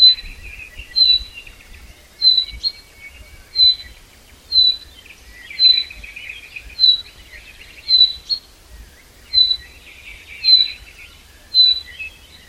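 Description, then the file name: Common chaffinch repeating a single sharp whistled note about once per second for the whole stretch, with soft twittering behind. "Fringilla coelebs"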